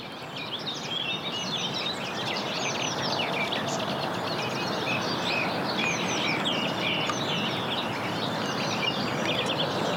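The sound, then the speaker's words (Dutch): A song thrush sings among a busy chorus of other birds, including whitethroats, in the Diemerpark at the edge of Amsterdam, Netherlands, with quick, high chirps and whistled phrases layered continuously over a steady rushing background for the whole stretch. “Ik hoor je zanglijster, geloof ik.”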